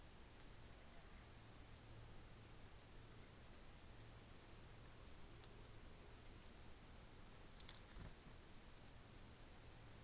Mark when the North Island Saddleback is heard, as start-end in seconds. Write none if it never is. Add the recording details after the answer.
none. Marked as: faintness 4/5. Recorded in New Zealand on 24 December 2018. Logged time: 13:35